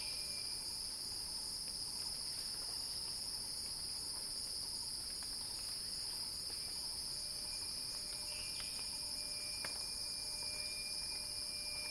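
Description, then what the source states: Cicadas sing a dense, unbroken high whine at steady volume; faint ticks and a brief thin whistle appear beneath the drone. Cicada song building as a crescendo.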